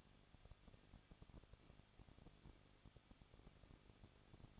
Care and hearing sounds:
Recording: daily activity, microphone in the room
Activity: no activity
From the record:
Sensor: 4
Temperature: 23.1 degrees Celsius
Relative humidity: 34.1%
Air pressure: 1007.2 hPa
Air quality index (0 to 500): 214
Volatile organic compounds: 14 ppm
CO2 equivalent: 2473 ppm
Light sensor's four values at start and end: 2/3/1/1 and 2/3/1/1

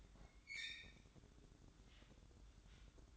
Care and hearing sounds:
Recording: daily activity, microphone in the room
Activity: open fridge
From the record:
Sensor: 3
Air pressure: 1007.7 hPa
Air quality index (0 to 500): 53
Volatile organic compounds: 1 ppm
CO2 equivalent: 588 ppm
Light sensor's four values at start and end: 13/30/12/13 and 13/30/12/13

